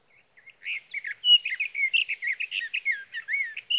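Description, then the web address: Sage thrasher singing a long, continuous warble of quick varied notes, buzzy and whistled, running steadily for about three seconds with nothing else audible. "birdsongforthecurious songs Sage Thrasher"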